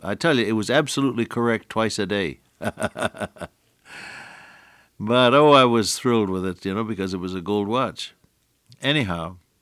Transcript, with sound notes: I tell you, it was absolutely correct twice a day, [chuckle] but, oh, I was thrilled with it because it was a gold watch. Anyhow,